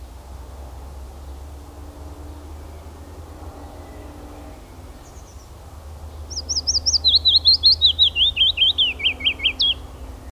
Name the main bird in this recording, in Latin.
Phylloscopus trochilus